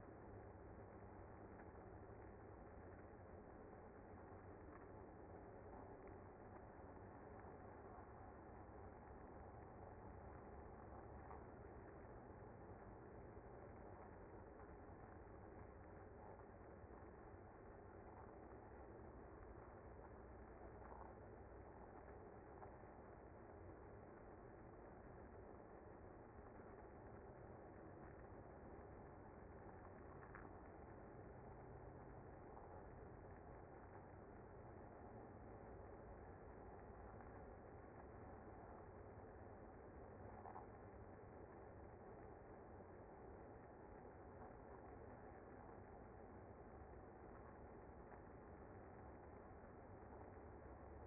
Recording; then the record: honeybee colony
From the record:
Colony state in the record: active